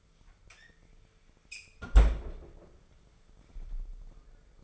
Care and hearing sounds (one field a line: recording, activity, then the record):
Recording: daily activity, microphone in the room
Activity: close fridge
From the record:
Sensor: 5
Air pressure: 1015.1 hPa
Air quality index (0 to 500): 191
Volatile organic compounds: 8 ppm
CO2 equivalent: 2101 ppm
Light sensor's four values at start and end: 90/207/90/101 and 87/198/87/98